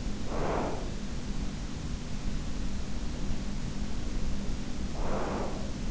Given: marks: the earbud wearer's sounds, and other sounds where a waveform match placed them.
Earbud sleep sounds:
sounds in sleep by an in-ear microphone; breath
0.15-1.19 s: breath
4.66-5.91 s: breath

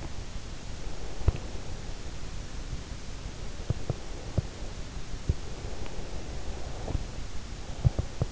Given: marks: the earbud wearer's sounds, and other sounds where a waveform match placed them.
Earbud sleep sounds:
sounds in sleep by an in-ear microphone; breath
0.83-2.87 s: breath
5.23-8.32 s: breath

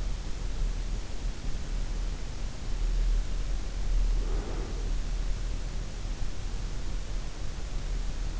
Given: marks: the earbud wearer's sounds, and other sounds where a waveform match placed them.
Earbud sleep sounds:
sounds in sleep by an in-ear microphone; breath
3.68-5.18 s: breath

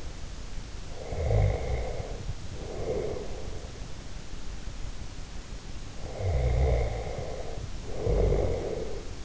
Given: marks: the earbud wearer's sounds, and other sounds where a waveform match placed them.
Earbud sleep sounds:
sounds in sleep by an in-ear microphone; snoring breath
1.06-3.86 s: snoring breath
5.87-9.25 s: snoring breath

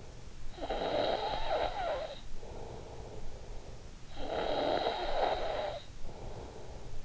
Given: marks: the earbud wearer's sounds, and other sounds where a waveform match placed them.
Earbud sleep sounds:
sounds in sleep by an in-ear microphone; snoring breath
0.34-3.62 s: snoring breath
3.88-7.05 s: snoring breath

